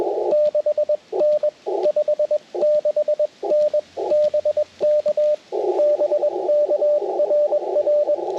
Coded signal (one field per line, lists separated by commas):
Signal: Morse code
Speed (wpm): 21 wpm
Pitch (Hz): 600 Hz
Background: radio noise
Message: 6N 56N BK BK RR